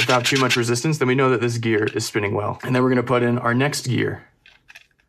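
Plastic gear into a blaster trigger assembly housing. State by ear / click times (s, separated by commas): not seated / none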